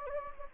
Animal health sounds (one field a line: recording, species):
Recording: mosquito wingbeat signal from an infrared sensor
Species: Anopheles gambiae